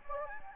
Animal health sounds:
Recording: mosquito wingbeat signal from an infrared sensor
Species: Anopheles gambiae

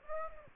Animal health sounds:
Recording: mosquito wingbeat signal from an infrared sensor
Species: Aedes aegypti

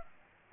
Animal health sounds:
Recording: mosquito wingbeat signal from an infrared sensor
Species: Aedes aegypti

